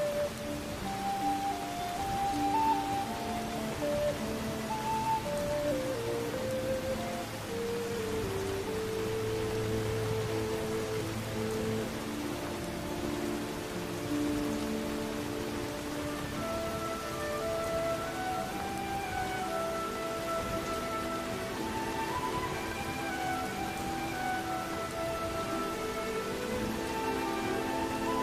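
Steady, even rain hisses throughout while soft, sustained low tones drift and change pitch slowly beneath it, with no sudden events.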